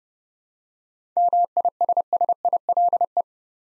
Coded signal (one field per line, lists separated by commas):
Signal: Morse code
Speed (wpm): 30 wpm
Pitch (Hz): 700 Hz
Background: none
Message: MISSILE